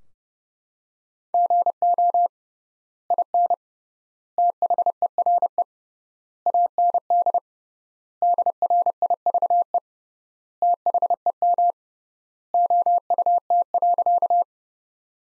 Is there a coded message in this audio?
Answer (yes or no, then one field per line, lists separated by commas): yes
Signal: Morse code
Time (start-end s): 1.3-14.4 s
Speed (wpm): 32 wpm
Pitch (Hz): 700 Hz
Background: none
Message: GO IN THERE AND DRIVE THEM OUT.